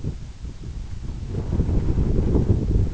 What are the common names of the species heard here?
none